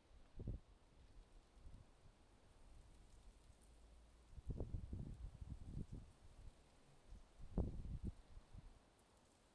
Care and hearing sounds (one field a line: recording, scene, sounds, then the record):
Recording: everyday scene through a hearing-aid microphone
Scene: wind on the microphone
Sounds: wind, traffic, birds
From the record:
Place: suburban garden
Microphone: in the ear canal, left